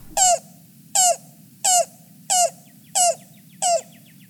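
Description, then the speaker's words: Yellow-billed Cuckoo calling: six short, hollow clucking notes spaced evenly about two-thirds of a second apart, over a faint low hum. Rare find, cooing from somewhere off in the woods, joining the chorus after rain ended, on a summer walk. "Next, a yellow-billed cuckoo, always a rare treat to find, joined the chorus, cooing from somewhere off in the woods."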